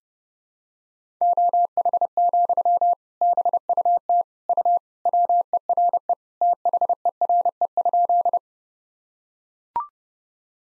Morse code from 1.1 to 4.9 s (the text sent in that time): OH, BUT U